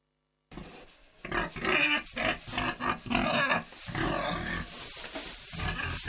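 Pig squealing and grunting in harsh, noisy bursts that run into a long rasping squeal, starting after a moment of silence.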